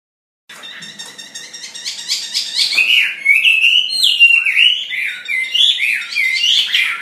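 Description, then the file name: Chinese hwamei starting after a short silence with quick chattering notes, then building into loud, rolling whistled phrases that rise and fall. "hwamei omkicau"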